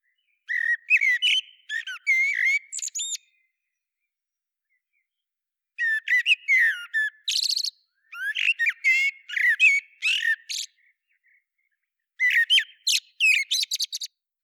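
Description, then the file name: Common blackbird delivering four phrases of mixed squeaky whistles and scratchy chatter, separated by pauses. "Turdus merula"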